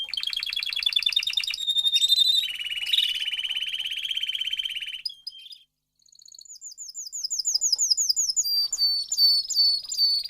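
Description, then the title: Domestic canary singing fast rattling trills that shift to a lower sustained roll, a short silence, then a series of bright rising-falling whistled slurs repeated quickly. Male Belgian canary singing a lot, used to warm up and train young canaries. "Canary Training Esquente Seu Filhote E Canario Belga Macho Cantando Muito"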